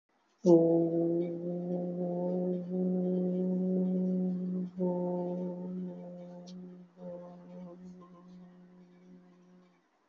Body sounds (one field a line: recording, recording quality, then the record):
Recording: sustained vowel as in boot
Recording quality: excellent, no background noise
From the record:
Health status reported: healthy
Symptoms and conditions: none ticked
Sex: male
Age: 22 years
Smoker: not ticked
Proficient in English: yes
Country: India